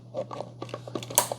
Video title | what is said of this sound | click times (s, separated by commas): I LOVE Ninja NC301 CREAMi Ice Cream Maker HOW TO MAKE ICE CREAM PERFECT FOR KIDS REVIEW | and turn until it snaps, and install it here. | 1.2 s